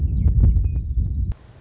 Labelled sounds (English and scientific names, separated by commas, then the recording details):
Western Meadowlark (Sturnella neglecta)
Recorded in Sonoma County, California